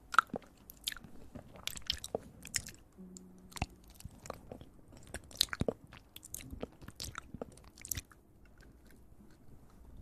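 Ear eating: wet, crunchy chewing and biting sounds pop in a quick, irregular stream throughout, each bite a sharp crackling snap. A low steady murmur sits underneath, and around three to four seconds a brief low hum joins in.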